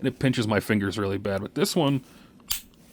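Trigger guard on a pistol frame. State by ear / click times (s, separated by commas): seated / 2.5 s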